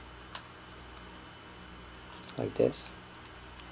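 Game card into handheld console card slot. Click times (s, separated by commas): 0.4 s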